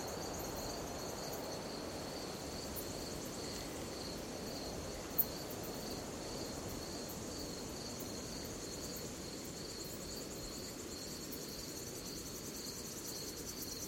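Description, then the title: Cicada call: a high, evenly pulsed trill repeating about three times a second throughout, with a fainter higher buzz and steady low background hiss. At night in a forest. "Звуки ночного леса. Звук цикад ночью в лесу"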